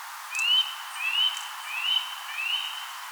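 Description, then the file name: Eurasian nuthatch call: four clear rising, slightly whistled notes repeated about every two-thirds of a second. "Sitta europaea"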